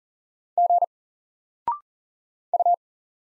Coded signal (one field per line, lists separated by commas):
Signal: Morse code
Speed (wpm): 40 wpm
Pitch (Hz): 700 Hz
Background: none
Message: G U